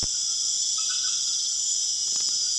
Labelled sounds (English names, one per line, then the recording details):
none
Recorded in secondary vegetation near Puerto Asís, Putumayo, Colombia, on 25 June 2025
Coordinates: 0.488, -76.319
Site G094